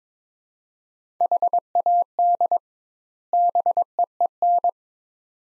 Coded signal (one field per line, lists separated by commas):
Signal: Morse code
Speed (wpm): 22 wpm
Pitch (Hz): 700 Hz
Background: none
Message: HAD BEEN